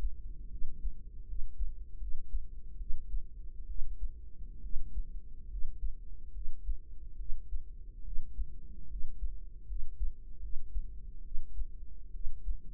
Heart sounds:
heart sounds by microphone in the right ear; 72 bpm
0.47 s: heartbeat
1.24 s: heartbeat
1.97 s: heartbeat
2.76 s: heartbeat
3.65 s: heartbeat
4.59 s: heartbeat
5.47 s: heartbeat
6.31 s: heartbeat
7.15 s: heartbeat
8.01 s: heartbeat
8.86 s: heartbeat
9.65 s: heartbeat
10.39 s: heartbeat
11.21 s: heartbeat
12.10 s: heartbeat
From the record:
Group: healthy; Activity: cold pressor test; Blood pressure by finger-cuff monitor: 101/66 mmHg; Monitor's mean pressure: 77 mmHg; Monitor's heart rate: 74 bpm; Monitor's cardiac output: 5.7 L/min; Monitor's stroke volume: 80 mL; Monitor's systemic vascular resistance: 970 dyn s/cm5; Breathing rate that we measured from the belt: 15 breaths a minute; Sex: female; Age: 23 years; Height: 160 cm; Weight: 50.4 kg

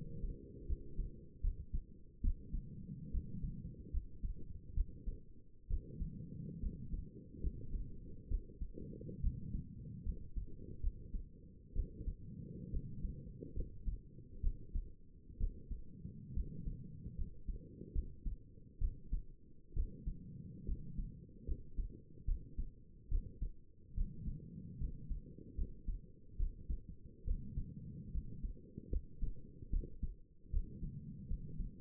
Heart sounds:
heart sounds by stethoscope; 71 bpm
0.68 s: heartbeat
1.42 s: heartbeat
2.23 s: heartbeat
3.12 s: heartbeat
3.92 s: heartbeat
4.75 s: heartbeat
5.69 s: heartbeat
6.61 s: heartbeat
7.42 s: heartbeat
8.29 s: heartbeat
9.22 s: heartbeat
10.04 s: heartbeat
10.82 s: heartbeat
11.75 s: heartbeat
12.72 s: heartbeat
13.55 s: heartbeat
14.42 s: heartbeat
15.39 s: heartbeat
16.35 s: heartbeat
17.17 s: heartbeat
17.94 s: heartbeat
18.80 s: heartbeat
19.75 s: heartbeat
20.67 s: heartbeat
21.47 s: heartbeat
22.26 s: heartbeat
23.10 s: heartbeat
23.96 s: heartbeat
24.79 s: heartbeat
25.57 s: heartbeat
26.38 s: heartbeat
27.26 s: heartbeat
28.13 s: heartbeat
28.91 s: heartbeat
29.71 s: heartbeat
30.52 s: heartbeat
31.29 s: heartbeat
From the record:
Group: healthy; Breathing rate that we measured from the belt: 17 breaths a minute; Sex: female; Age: 22 years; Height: 163 cm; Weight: 67.1 kg

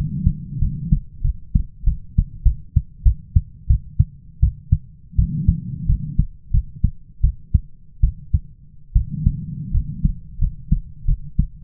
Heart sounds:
heart sounds by stethoscope; 86 bpm
0.59 s: heartbeat
1.22 s: heartbeat
1.84 s: heartbeat
2.43 s: heartbeat
3.03 s: heartbeat
3.67 s: heartbeat
4.40 s: heartbeat
5.16 s: heartbeat
5.86 s: heartbeat
6.51 s: heartbeat
7.21 s: heartbeat
8.01 s: heartbeat
8.93 s: heartbeat
9.72 s: heartbeat
10.39 s: heartbeat
11.05 s: heartbeat
From the record:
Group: healthy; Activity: rest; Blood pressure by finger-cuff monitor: 101/66 mmHg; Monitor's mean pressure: 77 mmHg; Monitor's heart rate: 83 bpm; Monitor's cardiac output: 7.2 L/min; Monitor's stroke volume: 86 mL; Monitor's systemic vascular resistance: 790 dyn s/cm5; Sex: female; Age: 22 years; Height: 157 cm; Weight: 47.6 kg

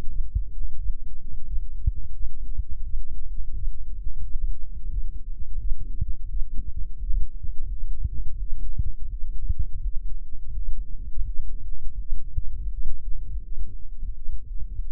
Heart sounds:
heart sounds by microphone in the left ear; 85 bpm
0.07 s: heartbeat
0.76 s: heartbeat
1.44 s: heartbeat
2.13 s: heartbeat
2.83 s: heartbeat
3.53 s: heartbeat
4.22 s: heartbeat
4.90 s: heartbeat
5.59 s: heartbeat
6.29 s: heartbeat
7.00 s: heartbeat
7.70 s: heartbeat
8.39 s: heartbeat
9.11 s: heartbeat
9.83 s: heartbeat
10.55 s: heartbeat
11.26 s: heartbeat
11.99 s: heartbeat
12.72 s: heartbeat
13.44 s: heartbeat
14.15 s: heartbeat
14.88 s: heartbeat
From the record:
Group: healthy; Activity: light exercise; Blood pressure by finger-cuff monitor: 103/47 mmHg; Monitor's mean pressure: 61 mmHg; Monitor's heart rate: 86 bpm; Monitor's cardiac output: 8 L/min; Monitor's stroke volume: 94 mL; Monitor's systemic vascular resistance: 530 dyn s/cm5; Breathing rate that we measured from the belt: 20 breaths a minute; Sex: male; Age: 25 years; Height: 170 cm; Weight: 70.4 kg

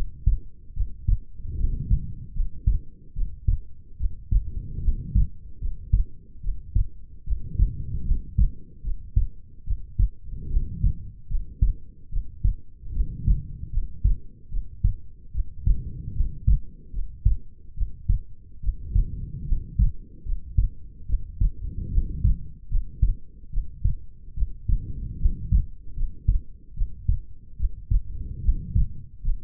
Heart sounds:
heart sounds by stethoscope; 74 bpm
0.73 s: heartbeat
1.56 s: heartbeat
2.33 s: heartbeat
3.13 s: heartbeat
3.97 s: heartbeat
4.81 s: heartbeat
5.59 s: heartbeat
6.41 s: heartbeat
7.24 s: heartbeat
8.04 s: heartbeat
8.82 s: heartbeat
9.64 s: heartbeat
10.48 s: heartbeat
11.28 s: heartbeat
12.09 s: heartbeat
12.92 s: heartbeat
13.70 s: heartbeat
14.49 s: heartbeat
15.31 s: heartbeat
16.13 s: heartbeat
16.91 s: heartbeat
17.74 s: heartbeat
18.60 s: heartbeat
19.45 s: heartbeat
20.23 s: heartbeat
21.06 s: heartbeat
21.90 s: heartbeat
22.69 s: heartbeat
23.50 s: heartbeat
24.34 s: heartbeat
25.18 s: heartbeat
25.94 s: heartbeat
26.74 s: heartbeat
27.56 s: heartbeat
28.41 s: heartbeat
29.22 s: heartbeat
From the record:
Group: healthy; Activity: rest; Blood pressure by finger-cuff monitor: 117/79 mmHg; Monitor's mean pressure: 92 mmHg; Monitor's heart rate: 74 bpm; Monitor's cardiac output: 6.1 L/min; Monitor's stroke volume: 83 mL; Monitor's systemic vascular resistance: 1100 dyn s/cm5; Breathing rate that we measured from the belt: 21 breaths a minute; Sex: female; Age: 22 years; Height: 160 cm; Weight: 45 kg

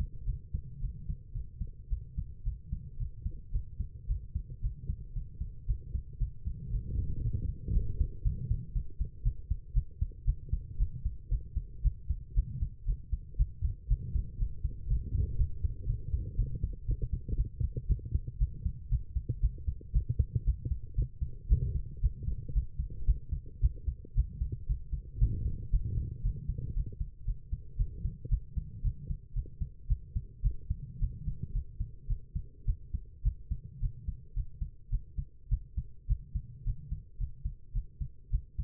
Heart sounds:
heart sounds by stethoscope; 114 bpm
0.25 s: heartbeat
0.80 s: heartbeat
1.32 s: heartbeat
1.88 s: heartbeat
2.43 s: heartbeat
2.97 s: heartbeat
3.51 s: heartbeat
4.06 s: heartbeat
4.61 s: heartbeat
5.13 s: heartbeat
5.66 s: heartbeat
6.18 s: heartbeat
6.70 s: heartbeat
7.21 s: heartbeat
7.72 s: heartbeat
8.22 s: heartbeat
8.72 s: heartbeat
9.22 s: heartbeat
9.73 s: heartbeat
10.24 s: heartbeat
10.77 s: heartbeat
11.29 s: heartbeat
11.82 s: heartbeat
12.34 s: heartbeat
12.85 s: heartbeat
13.36 s: heartbeat
13.88 s: heartbeat
14.38 s: heartbeat
14.87 s: heartbeat
15.37 s: heartbeat
15.86 s: heartbeat
16.36 s: heartbeat
16.85 s: heartbeat
17.35 s: heartbeat
17.87 s: heartbeat
18.38 s: heartbeat
18.89 s: heartbeat
19.40 s: heartbeat
19.92 s: heartbeat
20.44 s: heartbeat
20.95 s: heartbeat
21.48 s: heartbeat
22.00 s: heartbeat
22.53 s: heartbeat
23.05 s: heartbeat
23.60 s: heartbeat
24.14 s: heartbeat
24.66 s: heartbeat
25.18 s: heartbeat
25.70 s: heartbeat
26.22 s: heartbeat
26.74 s: heartbeat
27.25 s: heartbeat
27.76 s: heartbeat
28.29 s: heartbeat
28.82 s: heartbeat
29.33 s: heartbeat
29.87 s: heartbeat
30.42 s: heartbeat
30.99 s: heartbeat
31.52 s: heartbeat
32.07 s: heartbeat
32.65 s: heartbeat
33.22 s: heartbeat
33.80 s: heartbeat
34.34 s: heartbeat
34.90 s: heartbeat
35.49 s: heartbeat
36.07 s: heartbeat
36.64 s: heartbeat
37.18 s: heartbeat
37.73 s: heartbeat
38.30 s: heartbeat
From the record:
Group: healthy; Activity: cold pressor test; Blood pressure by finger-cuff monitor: 105/77 mmHg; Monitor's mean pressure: 88 mmHg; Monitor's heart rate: 113 bpm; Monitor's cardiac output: 8.6 L/min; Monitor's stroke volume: 75 mL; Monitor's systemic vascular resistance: 740 dyn s/cm5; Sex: female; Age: 19 years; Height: 163 cm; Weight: 51 kg

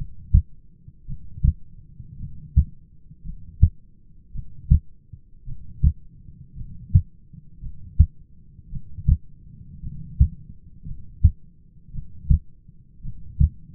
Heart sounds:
heart sounds by stethoscope; 55 bpm
1.07 s: heartbeat
2.18 s: heartbeat
3.24 s: heartbeat
4.33 s: heartbeat
5.46 s: heartbeat
6.56 s: heartbeat
7.61 s: heartbeat
8.71 s: heartbeat
9.82 s: heartbeat
10.85 s: heartbeat
11.93 s: heartbeat
13.03 s: heartbeat
From the record:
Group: heart failure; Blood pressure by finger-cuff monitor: 100/59 mmHg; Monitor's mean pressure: 71 mmHg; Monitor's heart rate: 54 bpm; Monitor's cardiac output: 6.1 L/min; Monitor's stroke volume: 112 mL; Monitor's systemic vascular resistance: 830 dyn s/cm5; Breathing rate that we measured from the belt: 15 breaths a minute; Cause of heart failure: dilated cardiomyopathy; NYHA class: 2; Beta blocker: bisoprolol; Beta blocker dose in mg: 10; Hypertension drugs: sacubitril-valsartan, spironolactone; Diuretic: furosemide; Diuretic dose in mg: 40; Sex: male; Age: 29 years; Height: 174 cm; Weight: 92 kg

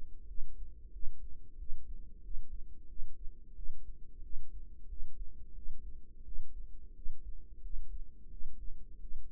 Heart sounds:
heart sounds by microphone in the right ear; 89 bpm
0.26 s: heartbeat
0.91 s: heartbeat
1.57 s: heartbeat
2.21 s: heartbeat
2.87 s: heartbeat
3.53 s: heartbeat
4.21 s: heartbeat
4.87 s: heartbeat
5.53 s: heartbeat
6.23 s: heartbeat
6.93 s: heartbeat
7.60 s: heartbeat
8.28 s: heartbeat
8.99 s: heartbeat
From the record:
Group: healthy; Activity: rest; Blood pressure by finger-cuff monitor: 80/52 mmHg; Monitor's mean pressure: 62 mmHg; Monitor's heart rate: 91 bpm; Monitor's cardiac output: 7.3 L/min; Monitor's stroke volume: 80 mL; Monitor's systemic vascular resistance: 590 dyn s/cm5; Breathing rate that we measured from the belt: 22 breaths a minute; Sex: female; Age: 19 years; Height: 163 cm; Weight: 48.9 kg

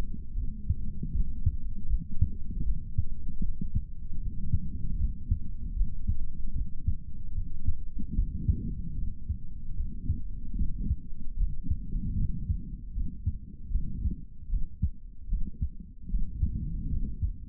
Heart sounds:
heart sounds by stethoscope; 76 bpm
0.35 s: heartbeat
1.12 s: heartbeat
1.87 s: heartbeat
2.64 s: heartbeat
3.41 s: heartbeat
4.19 s: heartbeat
4.97 s: heartbeat
5.74 s: heartbeat
6.53 s: heartbeat
7.33 s: heartbeat
8.14 s: heartbeat
8.95 s: heartbeat
9.75 s: heartbeat
10.56 s: heartbeat
11.36 s: heartbeat
12.15 s: heartbeat
12.93 s: heartbeat
13.70 s: heartbeat
14.49 s: heartbeat
15.28 s: heartbeat
16.09 s: heartbeat
16.89 s: heartbeat
From the record:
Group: healthy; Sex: male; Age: 55 years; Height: 167 cm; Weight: 57.2 kg

